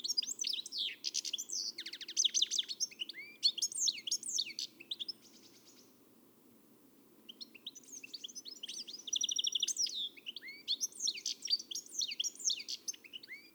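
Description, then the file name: European goldfinch singing in two long bursts of bright twittering, buzzes and slurred whistles, separated by a pause. "Carduelis carduelis"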